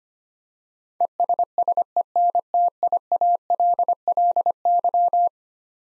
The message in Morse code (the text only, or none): ESSENTIALLY